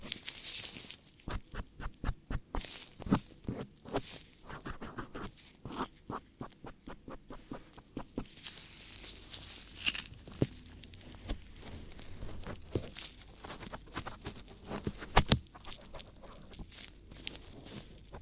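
Ear cleaning sounds made of quick, crisp scratching and tapping clicks that come in dense bursts, fastest in the first eight seconds. Later the clicks thin out over a soft, steady rustle, with a few sharper louder taps near ten and fifteen seconds.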